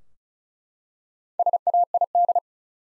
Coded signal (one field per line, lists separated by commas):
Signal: Morse code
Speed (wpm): 34 wpm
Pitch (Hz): 700 Hz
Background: none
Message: SAID